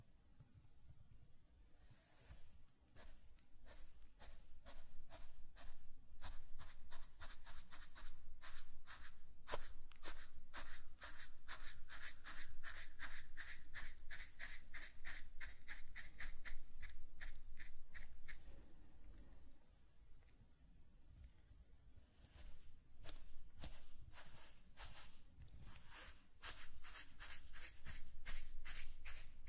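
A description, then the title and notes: Raking and brushing through sand, a dense run of quick, regular crunchy strokes that carries bright grit from about two seconds to eighteen. After a brief quieter pause with low rumble, the rhythmic scraping returns from around twenty-two seconds, sharper and louder toward the end. NO TALKING.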